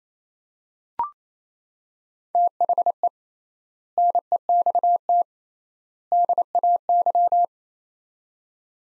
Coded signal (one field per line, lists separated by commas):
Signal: Morse code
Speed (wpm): 28 wpm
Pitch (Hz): 700 Hz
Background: none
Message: THE NEXT DAY